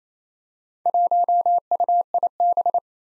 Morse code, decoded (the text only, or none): 1UIB